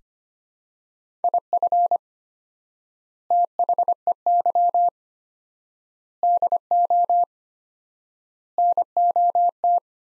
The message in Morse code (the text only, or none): IF THEY DO NOT